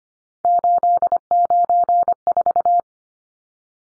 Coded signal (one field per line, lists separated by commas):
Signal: Morse code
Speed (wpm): 25 wpm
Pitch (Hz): 700 Hz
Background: none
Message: 894